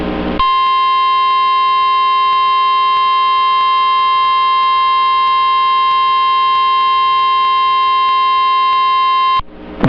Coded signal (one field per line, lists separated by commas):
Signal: Emergency Alert System (SAME) tones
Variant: 1050 Hz attention tone